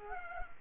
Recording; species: mosquito wingbeat signal from an infrared sensor; Culex quinquefasciatus